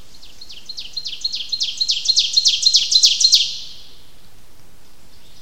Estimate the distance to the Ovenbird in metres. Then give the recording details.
about 10 m. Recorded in boreal forest in Alberta, Canada, on 29 May 2016 at 08:51. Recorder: SongMeter 3, array SBT-3-49. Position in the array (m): 79 m, 223 m. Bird 14